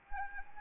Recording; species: mosquito wingbeat signal from an infrared sensor; Anopheles arabiensis